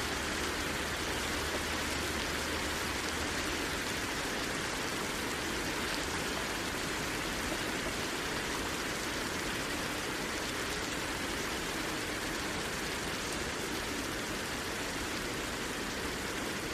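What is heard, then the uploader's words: Rain falls in a steady, dense hiss that fills the whole range from low rumble to bright crackle. The sound barely changes over its length, a uniform wash with faint fine patter on top and no distinct drops or other events standing out. Serene Rain Sounds.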